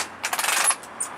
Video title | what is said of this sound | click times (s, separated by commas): Awning open and close | it locks into place then you can let go of that | 0.2 s, 1.0 s